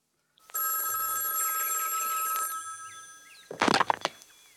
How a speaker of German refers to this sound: Am 11. März klingelte bei Condon das Telefon.